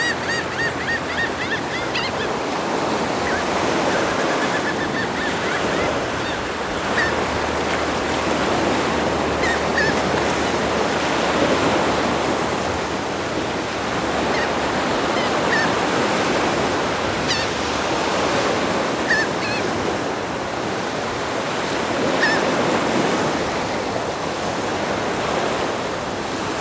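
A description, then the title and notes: Atlantic surf along the Portuguese coast rolls in steady, dense washes, swelling every few seconds, with faint wind and occasional small bird-like chirps. Atlantic Ocean, Portugal. The fisherman trail along the Atlantic coastline in Portugal.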